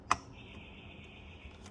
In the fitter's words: You need to make sure that the slides on either side are lined up, and then you want to listen for the click again.